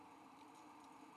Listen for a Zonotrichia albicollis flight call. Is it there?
no